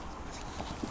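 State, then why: Not seated. A coil spring is fitted with pliers into the pocket of a Subaru Torq Locker differential locker assembly, with low, steady handling noise and a few faint knocks throughout the one-second clip. Nothing has seated or clicked yet.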